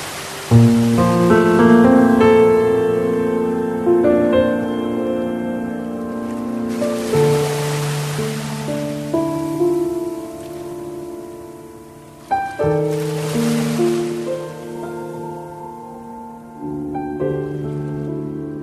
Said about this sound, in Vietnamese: Trong lúc ấy, bão chuyển mạnh thêm, biển động càng dữ dội.